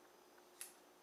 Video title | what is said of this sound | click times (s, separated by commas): Neck Knives | I don't know if you can hear that little click. | 0.6 s